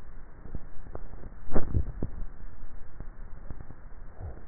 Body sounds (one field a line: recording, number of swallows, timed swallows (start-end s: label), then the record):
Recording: swallowing sounds by neck microphone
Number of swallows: 1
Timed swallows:
1.55-2.28 s: swallow
From the record:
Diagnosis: dysphagia